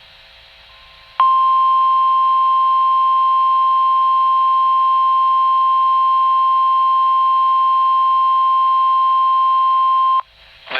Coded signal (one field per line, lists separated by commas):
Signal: Emergency Alert System (SAME) tones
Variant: 1050 Hz attention tone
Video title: Flash Flood Warning (EAS#0006) 7/18/2020 [Audio only]